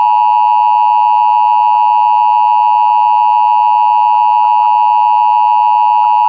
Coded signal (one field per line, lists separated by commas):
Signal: Emergency Alert System (SAME) tones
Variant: 853 and 960 Hz attention tone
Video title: eas shorts | biolab plant